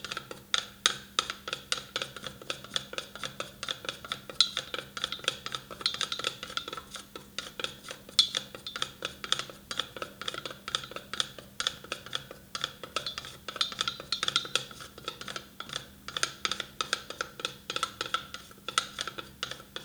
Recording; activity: daily activity, guitar pickup as the sensor; fry